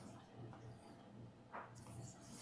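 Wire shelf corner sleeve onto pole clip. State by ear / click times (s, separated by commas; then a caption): not seated / none. A wire pantry shelf corner sleeve is handled over a plastic clip on a metal pole. Low hum and faint rustling, with a brief soft scrape near 1.5 seconds and hiss later. Nothing has seated or clicked yet.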